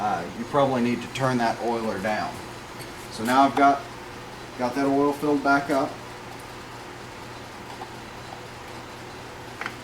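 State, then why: Seated. After refilling the oil, an air-line lubricator's oil bowl is pushed back up into its pneumatic lubricator housing and rotated until its twist-lock seats. Someone talks for the first six seconds over a steady low hum. After a quiet stretch, two short, sharp clicks at 9.6 s and 9.7 s mark the lock clicking into place.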